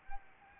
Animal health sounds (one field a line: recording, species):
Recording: mosquito wingbeat signal from an infrared sensor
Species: Anopheles gambiae